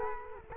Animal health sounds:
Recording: mosquito wingbeat signal from an infrared sensor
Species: Culex quinquefasciatus

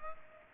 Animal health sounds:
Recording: mosquito wingbeat signal from an infrared sensor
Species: Culex pipiens

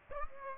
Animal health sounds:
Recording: mosquito wingbeat signal from an infrared sensor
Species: Aedes aegypti

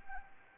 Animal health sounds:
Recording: mosquito wingbeat signal from an infrared sensor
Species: Anopheles arabiensis

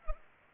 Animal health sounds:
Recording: mosquito wingbeat signal from an infrared sensor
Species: Culex pipiens

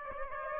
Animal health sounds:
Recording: mosquito wingbeat signal from an infrared sensor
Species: Aedes aegypti

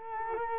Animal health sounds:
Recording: mosquito wingbeat signal from an infrared sensor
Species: Culex quinquefasciatus

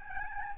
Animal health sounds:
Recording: mosquito wingbeat signal from an infrared sensor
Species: Aedes albopictus

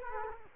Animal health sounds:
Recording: mosquito wingbeat signal from an infrared sensor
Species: Culex quinquefasciatus

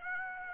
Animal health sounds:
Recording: mosquito wingbeat signal from an infrared sensor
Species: Aedes aegypti

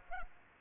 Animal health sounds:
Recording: mosquito wingbeat signal from an infrared sensor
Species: Culex pipiens

